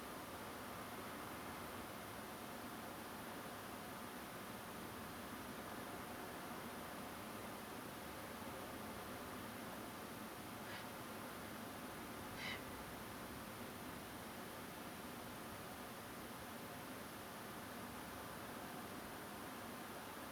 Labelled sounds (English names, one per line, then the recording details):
Grey Heron
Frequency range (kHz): Grey Heron 1.2-7.0 kHz
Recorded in France